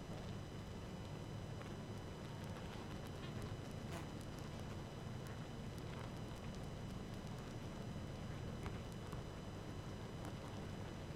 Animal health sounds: honeybee colony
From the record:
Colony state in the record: active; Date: 12 June 2018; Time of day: 18:42

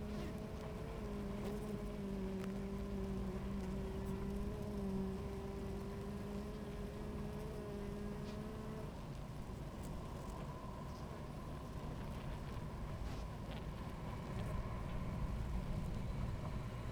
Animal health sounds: honeybee colony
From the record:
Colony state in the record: active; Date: 28 July 2017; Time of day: 17:18

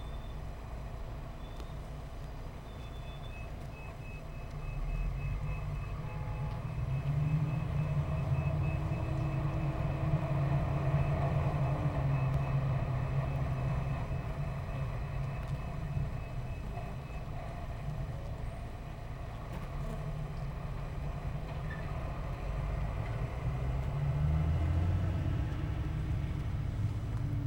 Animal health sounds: honeybee colony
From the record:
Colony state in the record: missing queen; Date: 14 July 2017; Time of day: 11:30

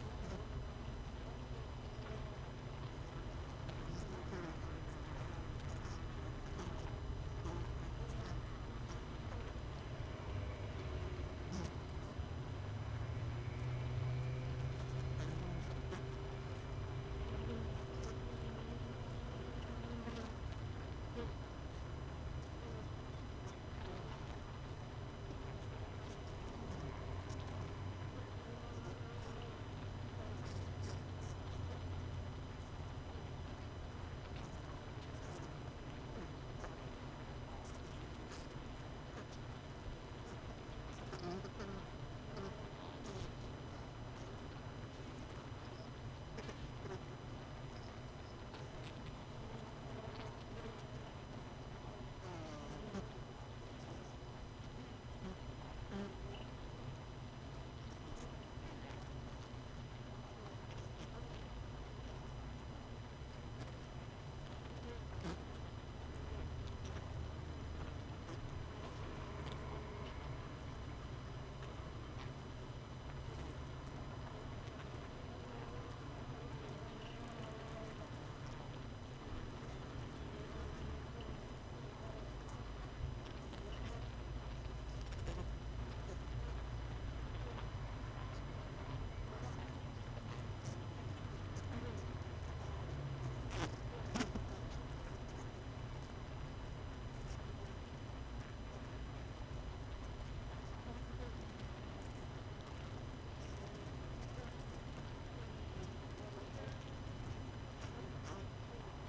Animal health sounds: honeybee colony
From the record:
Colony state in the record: missing queen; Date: 31 May 2018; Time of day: 18:10

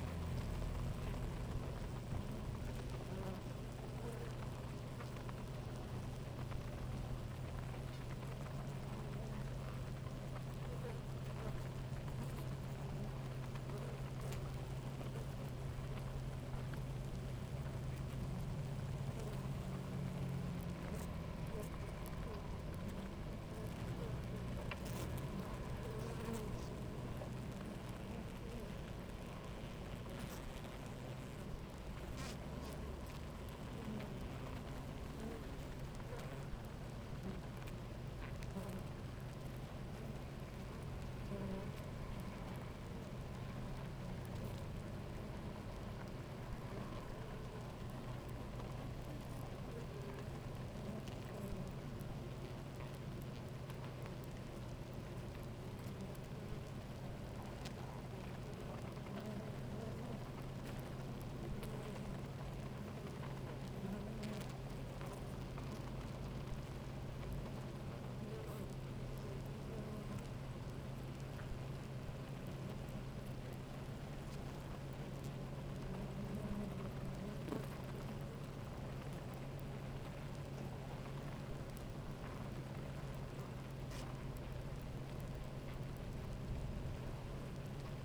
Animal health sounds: honeybee colony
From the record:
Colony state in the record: active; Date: 28 July 2017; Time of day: 11:13

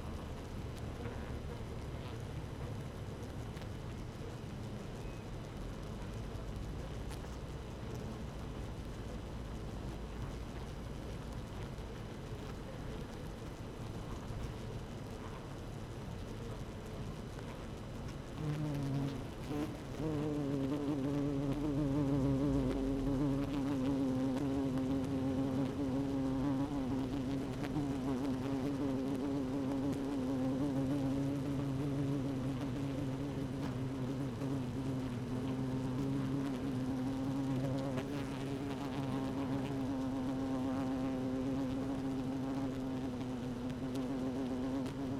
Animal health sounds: honeybee colony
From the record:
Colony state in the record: active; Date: 12 June 2018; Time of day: 15:12

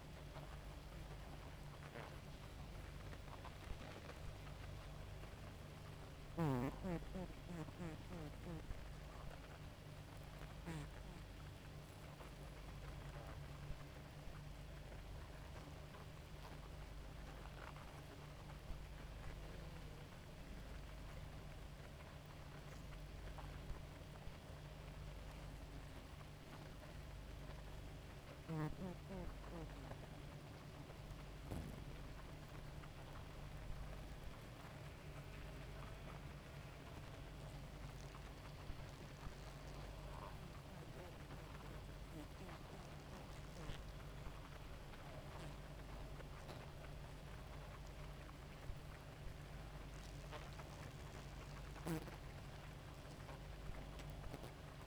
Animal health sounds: honeybee colony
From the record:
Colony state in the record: active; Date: 28 July 2017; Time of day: 2:48

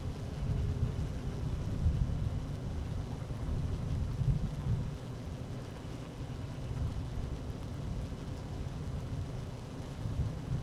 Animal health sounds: honeybee colony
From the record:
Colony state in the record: active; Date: 12 June 2018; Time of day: 12:19

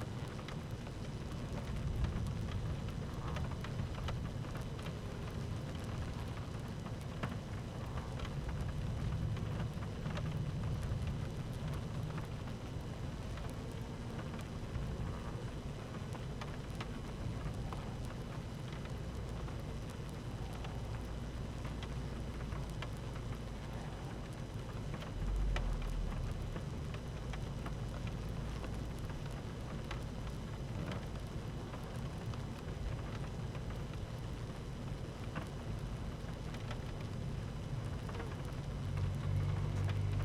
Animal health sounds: honeybee colony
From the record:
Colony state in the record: active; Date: 12 June 2018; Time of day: 13:13

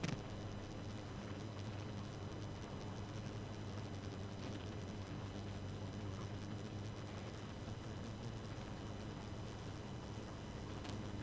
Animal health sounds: honeybee colony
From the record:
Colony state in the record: active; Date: 12 June 2018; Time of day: 2:13

